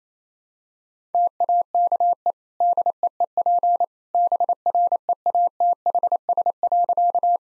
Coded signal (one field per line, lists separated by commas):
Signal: Morse code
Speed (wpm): 27 wpm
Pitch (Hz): 700 Hz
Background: none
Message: TAKE DEEP BREATHS.